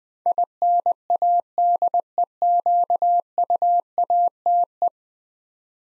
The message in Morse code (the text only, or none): INADEQUATE